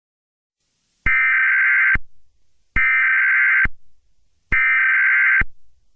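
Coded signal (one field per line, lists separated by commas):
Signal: Emergency Alert System (SAME) tones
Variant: header bursts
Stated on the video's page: Fictional EAS scenario, remastered.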